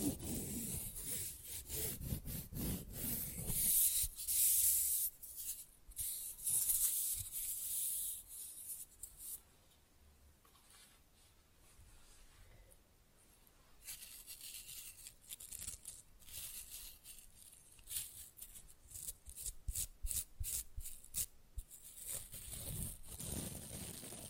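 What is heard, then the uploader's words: Fast, rough nail filing with quick scratchy strokes that run in dense bursts, hissy and bright. The filing is loudest in the first ten seconds, drops to a quieter stretch around 10 to 13 seconds, then resumes in rapid, uneven rubbing through the end. Fast & Rough Nail Filing + Tapping.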